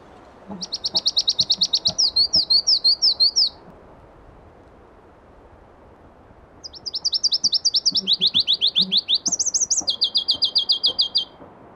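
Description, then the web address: Pallas's leaf warbler delivers two long, very high songs of rapid repeated notes, each section shifting pitch, from rattles to sliding whistles, separated by a few seconds' pause. Listvyanka, 25 June 2012. "June 25 2012 Phproregulus Listvyanka"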